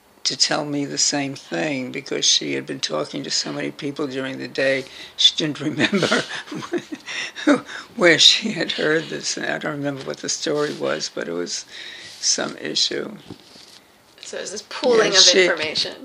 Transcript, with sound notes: to tell me the same thing, because she had been talking to so many people during the day she didn’t remember where she had heard this. [laughs] I don’t remember what the story was, but it was some issue.
So it was this pooling of information.